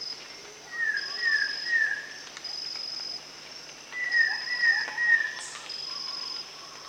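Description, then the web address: Rufous-tailed shama song, two bouts of slurred whistles a few seconds apart, set against a continuous shrill insect drone. Recorded at Danum; dated 1 January 2008. "DANUM 20080101. rufous-tailed shama"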